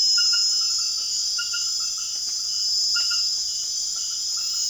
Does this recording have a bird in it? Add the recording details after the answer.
no. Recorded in secondary vegetation near Puerto Asís, Putumayo, Colombia, on 24 June 2025 at 21:30. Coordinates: 0.500, -76.326. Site GP08